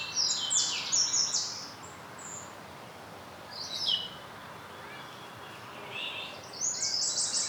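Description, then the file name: Eurasian wren giving brief bursts of very high, quick trilled notes at the start, in the middle and at the end, with quiet hiss between. "Troglodytes troglodytes"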